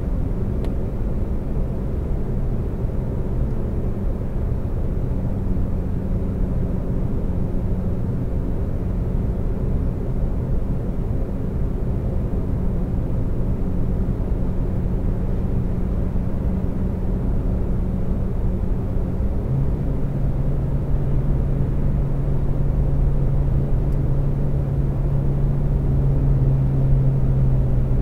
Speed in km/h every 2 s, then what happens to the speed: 119, 121, 121, 121, 121, 121, 122, 122, 122, 122, 126, 127, 129, 130.
0-28 steady at about 122.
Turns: none.